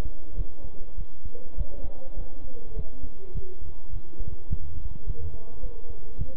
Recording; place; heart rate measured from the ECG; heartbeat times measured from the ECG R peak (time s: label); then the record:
heart sounds by stethoscope; between the tricuspid and mitral areas; 103 bpm
0.37 s: heartbeat
0.98 s: heartbeat
1.58 s: heartbeat
2.17 s: heartbeat
2.76 s: heartbeat
3.35 s: heartbeat
3.93 s: heartbeat
4.50 s: heartbeat
5.07 s: heartbeat
5.63 s: heartbeat
6.18 s: heartbeat
From the record:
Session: bicycle stress test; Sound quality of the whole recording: good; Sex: male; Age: 23 years